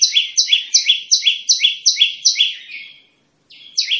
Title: Tembakan Prenjak Lumut Pikat Mantap Jadi Guru Vokal